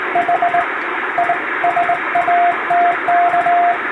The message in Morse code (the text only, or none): H I SATK